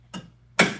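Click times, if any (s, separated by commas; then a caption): 0.2 s, 0.6 s. The seat swivel lock of an Afiscooter C Model scooter is rotated further and clicks into its detent on the seat post, seating in place. Two sharp clicks are heard at 0.2 s and 0.6 s, and the second is much louder with a longer ringing tail. There is no talk.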